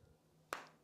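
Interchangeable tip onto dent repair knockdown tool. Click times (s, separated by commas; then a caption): 0.5 s. A plastic tip from a Keco K-Tip System dent-repair tip set is pushed onto the shaft of a dent-repair knockdown tool, where recesses hold it in place. It snaps on with a single sharp click at 0.5 s, followed by a fainter tap near 0.9 s. The tip is seated firmly on the knockdown tool.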